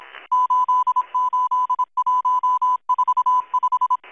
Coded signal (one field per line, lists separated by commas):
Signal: Morse code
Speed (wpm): 26 wpm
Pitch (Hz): 1000 Hz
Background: music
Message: 88145